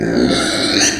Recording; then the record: squeal of a Yucatan mini pig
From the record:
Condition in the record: before surgery on the right vocal fold (resection and tissue-engineered implant); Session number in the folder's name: 3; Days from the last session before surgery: 0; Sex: female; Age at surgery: 19 weeks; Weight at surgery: 25 kg